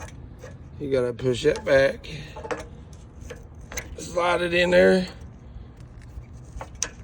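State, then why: Seated. Someone talks while pulling back the sleeve of the quick-connect coupling on a gas-powered pressure washer pump and sliding the high-pressure hose fitting into the pump outlet, with small handling ticks along the way. A sharp click at 6.8 s marks the fitting seating in the coupling.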